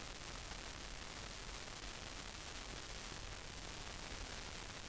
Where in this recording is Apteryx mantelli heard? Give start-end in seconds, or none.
none